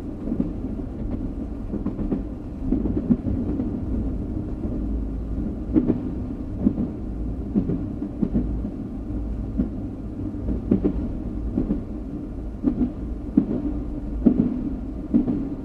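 A train rumbles along steadily, its deep low roar filling the whole 16 seconds with little change in level. Faint clicks and knocks from the wheels and track recur every second or so, some sharper, over a continuous mid-range drone.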